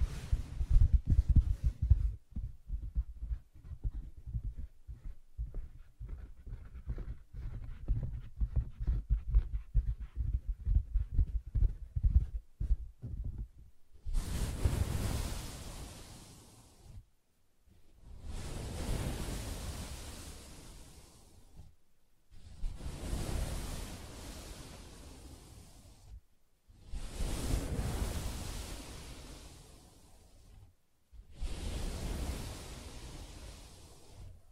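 Soft tapping on a fabric surface fills the first fourteen seconds, with quick, dull, low taps, busy at first and then sparser. After that come five long scratching strokes, each about three to four seconds with short pauses, hissy and close.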